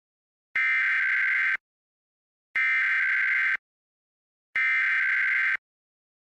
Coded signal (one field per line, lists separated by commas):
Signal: Emergency Alert System (SAME) tones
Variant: header bursts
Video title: EAS #1160-1161: 2 EAS Required Monthly Tests- Apr. 7, 2026- 12:15AM PDT